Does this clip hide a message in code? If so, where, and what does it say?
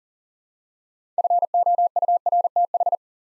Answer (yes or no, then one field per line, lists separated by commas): yes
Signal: Morse code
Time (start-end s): 1.2-3.0 s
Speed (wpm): 42 wpm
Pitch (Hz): 700 Hz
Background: none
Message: FOURTH